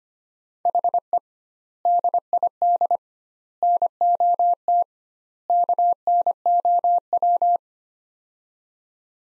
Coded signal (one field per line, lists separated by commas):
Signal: Morse code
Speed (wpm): 25 wpm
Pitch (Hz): 700 Hz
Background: none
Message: HE DID NOT KNOW